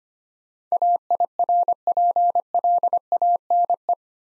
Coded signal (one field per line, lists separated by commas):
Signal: Morse code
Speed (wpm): 29 wpm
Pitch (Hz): 700 Hz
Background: none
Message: AIRPLANE